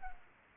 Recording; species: mosquito wingbeat signal from an infrared sensor; Culex pipiens